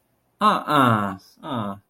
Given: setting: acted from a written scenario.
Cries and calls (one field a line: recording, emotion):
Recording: vocal sound without words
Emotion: negative surprise